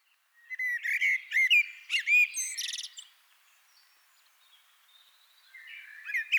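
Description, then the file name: Common blackbird song: a busy stretch of squeaky, chirping twitters and short whistles, then near silence before a faint phrase begins. "Turdus merula"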